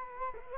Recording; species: mosquito wingbeat signal from an infrared sensor; Culex quinquefasciatus